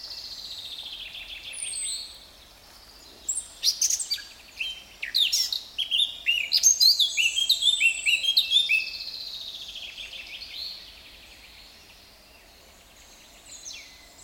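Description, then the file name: Eurasian blackcap song: faint twittering builds into a loud, rich phrase of rapid fluty whistles and chatter lasting about five seconds, then quieter notes. "Sylvia atricapilla"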